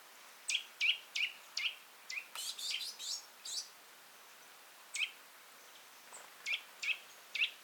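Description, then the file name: Eurasian nuthatch making short, bright call notes, singly and in quick runs, with a brief burst of higher chattering notes midway over soft background hiss. "Sitta europaea"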